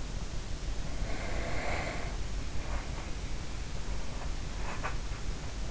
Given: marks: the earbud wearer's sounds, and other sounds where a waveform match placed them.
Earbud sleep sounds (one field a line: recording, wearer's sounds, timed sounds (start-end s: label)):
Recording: sounds in sleep by an in-ear microphone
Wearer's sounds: breath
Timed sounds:
0.71-3.17 s: breath
3.49-5.27 s: sound from someone else or the room